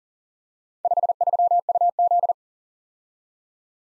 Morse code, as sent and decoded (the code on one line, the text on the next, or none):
..... ...-- ..- --..
53UZ